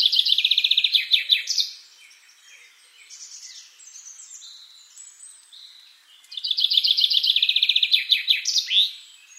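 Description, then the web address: Common chaffinch song given twice, each a rattling descending trill ending in a flourish, separated by a few seconds of quieter bird chatter. "SETE Fringilla coelebs"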